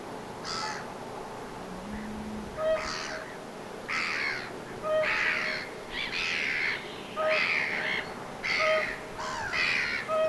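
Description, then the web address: Whooper swan calls, many harsh trumpeting honks in a loose, uneven series. Whooper swan giving "kuup" or "puup" calls at length, recorded 27 June 2025. "paivat 27 6 2025 laulujoutsenen kuup tai puup aania 3 pitkasti"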